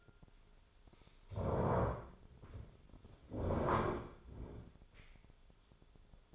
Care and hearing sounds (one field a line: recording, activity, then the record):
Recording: daily activity, microphone in the room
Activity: stand up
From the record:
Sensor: 5